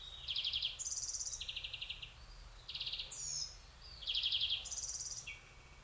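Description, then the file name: European greenfinch singing in quick trilled bursts, rattling note series alternating between a middle and a much higher pitch, with a short descending whistle among them. "Chloris chloris"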